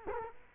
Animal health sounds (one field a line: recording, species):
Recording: mosquito wingbeat signal from an infrared sensor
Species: Culex quinquefasciatus